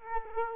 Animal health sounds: mosquito wingbeat signal from an infrared sensor; Culex quinquefasciatus

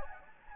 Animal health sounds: mosquito wingbeat signal from an infrared sensor; Anopheles gambiae

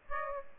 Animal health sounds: mosquito wingbeat signal from an infrared sensor; Aedes aegypti

